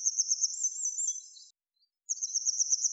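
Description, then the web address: Grey wagtail calling: very high, thin rapid twittering for about a second and a half, a short silence, then the sharp high series resumes. "Motacilla cinerea"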